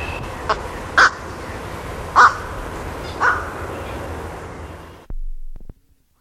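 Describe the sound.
Black-crowned night heron giving three loud, abrupt, croaking squawks about a second apart.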